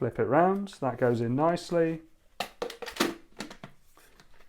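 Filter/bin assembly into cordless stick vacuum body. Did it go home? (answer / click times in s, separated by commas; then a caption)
no / none. Someone talks while lining up and flipping around the refitted filter and dust bin assembly of a Roborock H6 Adapt cordless stick vacuum. Then sharp plastic handling knocks and taps follow, around 2.4, 2.6, 3.0 and 3.4 seconds, as the assembly is brought to the vacuum body. The clip ends before the assembly goes home, so nothing has seated or clicked yet.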